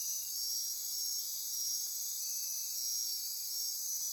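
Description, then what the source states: Insect chorus, a dense, steady high-pitched shimmer of overlapping trills with a fainter band lower down, unbroken for the whole stretch. Insect chorus recorded at midnight near Corcovado.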